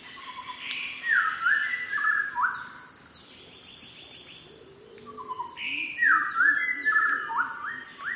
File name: Shama Song